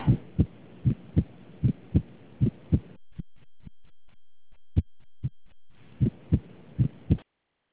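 Regular paired heart sounds of an adult at about 77 beats a minute, with soft noise filling the gaps between beats early and late, and a quieter middle stretch with a faint steady hum. Coarctation of the aorta, a narrowing of the aorta that produces a murmur.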